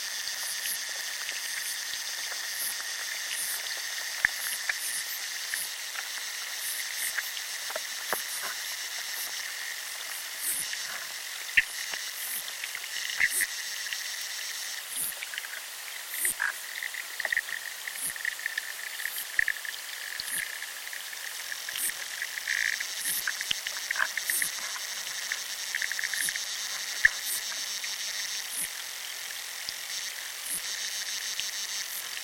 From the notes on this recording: The mysterious sounds of underwater life, here recorded in a chalk river in southern England